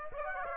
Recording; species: mosquito wingbeat signal from an infrared sensor; Aedes aegypti